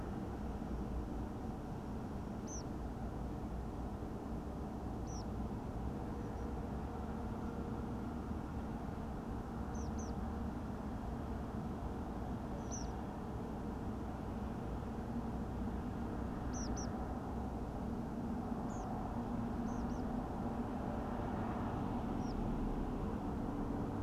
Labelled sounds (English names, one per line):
Tree Pipit